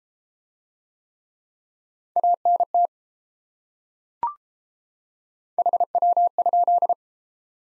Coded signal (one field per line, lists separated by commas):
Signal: Morse code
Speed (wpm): 30 wpm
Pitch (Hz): 700 Hz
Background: none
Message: ANT HW?